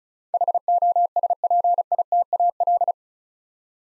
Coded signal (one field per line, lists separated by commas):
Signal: Morse code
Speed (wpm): 36 wpm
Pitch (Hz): 700 Hz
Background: none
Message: HOSPITAL